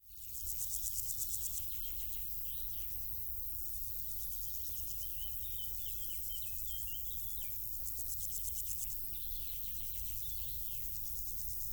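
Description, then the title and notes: Insects stridulating in high, rapidly pulsed bursts, with birds chirping and twittering and a steady low rumble underneath. Insects stridulating in grass on île Gabriel, Brangues, France, on the Rhône; sunny afternoon, June 2021; two small Lom Usi Pro capsules in AB stereo with a MixPre 6. "île Gabriel - Brangues, France - Bourdons et crissements estivaux. Une après-midi ensoleillée sur l'île Gabriel. en juin 2021. je dépose deux petites capsules dans l'herbe afin de capter les stridulations des insectes à cette saison"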